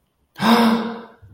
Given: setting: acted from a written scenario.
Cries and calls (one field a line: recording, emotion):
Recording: vocal sound without words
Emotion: awe